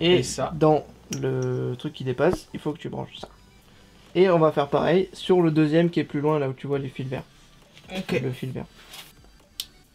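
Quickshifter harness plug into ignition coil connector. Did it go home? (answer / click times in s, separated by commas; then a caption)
yes / 9.6 s. A plastic wiring-harness plug for a Healtech iQSE quickshifter is pushed into the ignition-coil connector on the second cylinder of a Yamaha MT-07 motorcycle while someone talks. A single sharp click at 9.6 s marks the connector seating.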